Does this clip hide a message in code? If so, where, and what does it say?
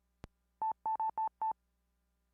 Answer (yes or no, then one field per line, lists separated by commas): no